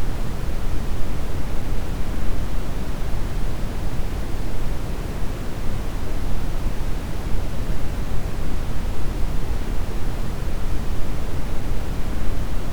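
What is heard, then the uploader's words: Brown noise runs steady and unbroken throughout, a deep, dense rumble weighted heavily toward the lows with only a soft hiss above. Pure Brown Noise.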